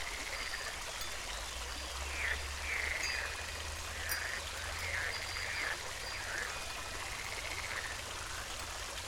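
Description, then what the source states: Frog giving several short calls over the steady splash of flowing water. Frogs recorded together with a fountain.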